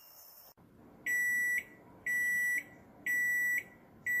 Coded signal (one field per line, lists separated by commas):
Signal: none